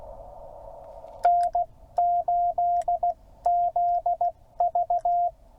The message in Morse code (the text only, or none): N8ZV